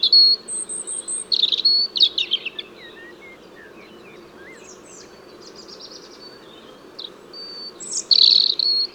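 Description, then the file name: European robin song, loud high trilled phrases, then softer thin wavering whistles, and a bright final flourish; faint steady noise underneath. "Erithacus rubecula"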